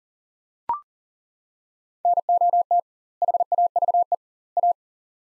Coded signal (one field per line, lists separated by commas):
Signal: Morse code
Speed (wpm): 40 wpm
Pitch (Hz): 700 Hz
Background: none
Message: NOT HAVE A